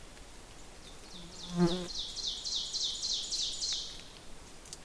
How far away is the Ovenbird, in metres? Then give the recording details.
about 45 m. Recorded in boreal forest in Alberta, Canada, on 6 June 2016 at 08:54. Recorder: SongMeter 3, array SBT-3-51. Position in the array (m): 242 m, 149 m. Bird 28